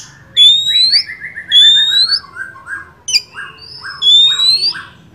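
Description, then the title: Oriental magpie-robin song: three long rising whistles, each followed by a descending series of soft buzzy notes. First-place champion (juara) song, used to train other songbirds (masteran). "Masteran Kacer Juara"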